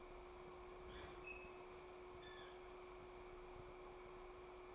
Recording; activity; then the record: daily activity, microphone in the room; open fridge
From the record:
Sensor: 1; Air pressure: 1004.6 hPa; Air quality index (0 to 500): 193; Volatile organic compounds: 16 ppm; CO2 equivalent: 2550 ppm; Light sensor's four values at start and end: 5/11/4/4 and 5/11/4/4